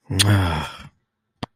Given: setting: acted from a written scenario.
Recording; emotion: vocal sound without words; disappointment